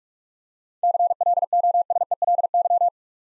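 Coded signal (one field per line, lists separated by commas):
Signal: Morse code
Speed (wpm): 44 wpm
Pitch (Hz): 700 Hz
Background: none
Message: CLOSELY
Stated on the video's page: Morse drill of 7-letter words at 45 wpm, with the first three letters spoken beforehand.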